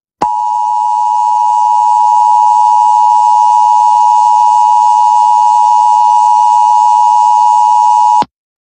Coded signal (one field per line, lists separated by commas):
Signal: Emergency Alert System (SAME) tones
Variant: 853 and 960 Hz attention tone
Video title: EAS severe thunderstorm warning in New Orleans, Louisiana on Kaltmedia.ml #emergencyalert